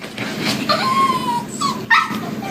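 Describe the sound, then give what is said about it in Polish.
A dog whines in high, drawn-out sliding whimpers, broken by a few short yips and barks, with no one talking. “Od nowego semestru letniego zapraszamy wszystkich studentów z psami.”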